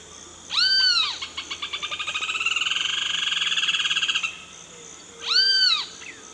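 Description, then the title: Bird song: an arched, rising-then-falling note opens, followed by a long, accelerating buzzy trill over several seconds, then the arched note returns against steady background hiss. "LuckyPassaro Completos2Sama"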